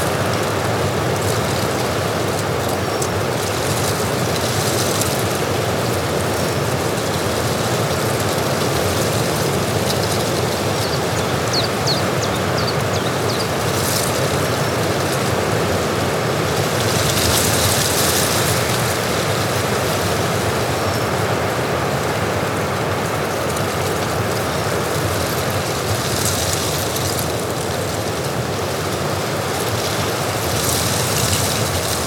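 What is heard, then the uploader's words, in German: Wind and weather on the Hochgern mountain: a steady, dense roar of wind fills the whole clip at an even level. Brighter hissing gusts or rain bursts swell up several times, around 5, 17, 26 and 31 seconds. Natur - Hochgern im Chiemgau. Aufnahme vom Hochgern bei Wind und Wetter.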